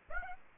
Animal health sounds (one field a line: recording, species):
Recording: mosquito wingbeat signal from an infrared sensor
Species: Aedes aegypti